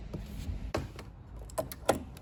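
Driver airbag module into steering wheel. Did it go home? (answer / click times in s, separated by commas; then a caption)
no / none. A driver airbag module is handled at a Ford F-150 steering wheel, about to be pressed firmly by its face until its retaining clips latch. Short handling knocks and rustles are heard around 0.7, 1.6 and 1.9 seconds over a low background hum. Nothing has seated or clicked yet.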